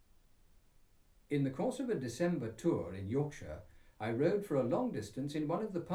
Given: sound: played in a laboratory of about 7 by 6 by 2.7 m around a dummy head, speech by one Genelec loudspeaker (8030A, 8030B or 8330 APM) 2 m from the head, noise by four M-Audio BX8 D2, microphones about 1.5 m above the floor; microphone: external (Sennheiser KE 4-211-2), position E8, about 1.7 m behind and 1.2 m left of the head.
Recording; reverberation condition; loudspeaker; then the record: male speech in English; low; 60 degrees to the left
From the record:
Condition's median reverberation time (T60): about 310 ms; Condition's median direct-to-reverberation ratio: about 3.5 dB